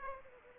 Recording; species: mosquito wingbeat signal from an infrared sensor; Aedes aegypti